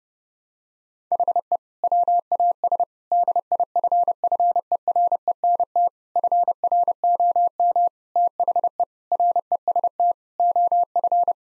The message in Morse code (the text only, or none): HE WAS DIFFERENT FROM THE REST OF